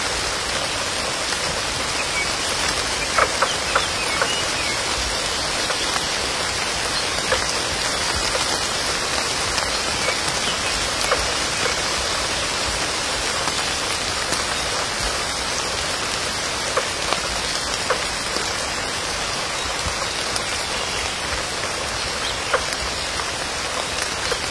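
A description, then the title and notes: A steady, dense wilderness rain shower patters evenly throughout, bright, with occasional sharper drips standing out from the constant hiss. Wilderness Rainshower.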